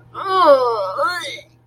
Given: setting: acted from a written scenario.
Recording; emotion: vocal sound without words; disgust